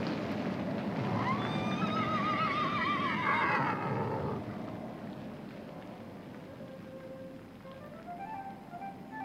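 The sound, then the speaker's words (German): One of a group of horses standing below a window lets out a loud, wavering whinny that rises and trembles for a few seconds, then fades into softer snorts and low background rumble. “Pferde? Wo sind sie? Hier. Ihr seht sie vom Fenster unten stehen.”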